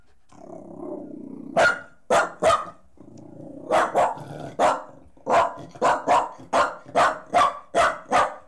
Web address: The BBC Sound Effects Library - Complete 60 CDs Collection Sound Effects Library-38 (Horses # 2 and Dogs)